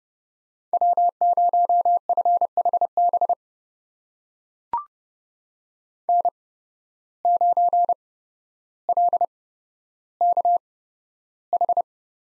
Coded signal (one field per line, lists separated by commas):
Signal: Morse code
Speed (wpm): 30 wpm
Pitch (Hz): 700 Hz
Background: none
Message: W0FHB N9LKH